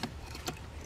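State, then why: Not seated. A lower wiring harness plug is handled onto its connector in the engine bay of an Audi/VW 2.0T (B8/B8.5) during a water pump replacement and cooling overhaul. Short, sharp ticks sound at about 0.0, 0.5 and 0.9 s over a low steady background. Nothing has seated or clicked home yet.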